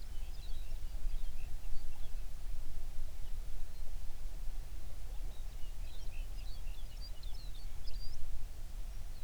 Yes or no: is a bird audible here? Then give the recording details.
yes. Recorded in the Prudhoe Bay oil fields, Alaska, on 11 June 2019 at 04:36. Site 21